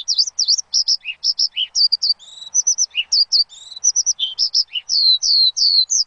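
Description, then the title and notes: Bird song, a fast run of high chirps, trills and short whistled notes with a few lower downslurred notes, continuous throughout. Bird chirping used to train pet birds. "Suara Burung. Suara Kicauan Burung untuk memaster burung kesayangan"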